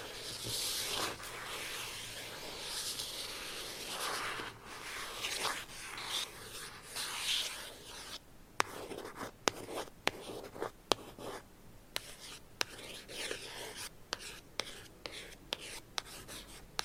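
Gentle scratching and tapping. For the first eight seconds a dense, bright, rustling scratch runs almost continuously, like a pen or nails dragged over a surface. After that it thins out into softer scraping broken by sharp, isolated taps every half second or so.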